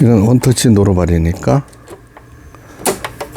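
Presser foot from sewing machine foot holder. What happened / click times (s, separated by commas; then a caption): The snap-on metal foot popped off its holder / 2.9 s. Someone talks, then presses the lever behind a one-touch snap-on metal presser foot on a Brother PS53 sewing machine. The foot pops off its holder with a sharp click at 2.9 s, followed by a few lighter taps.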